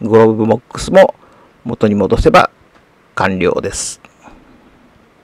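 A glove box is being refitted into a car dashboard after a cabin air filter change, while someone talks over faint handling sounds. The clip ends before the glove box goes home, so nothing has seated or clicked yet.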